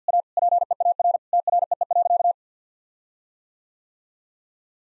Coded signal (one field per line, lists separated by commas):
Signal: Morse code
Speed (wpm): 50 wpm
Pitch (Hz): 700 Hz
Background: none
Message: A PEAR TREE.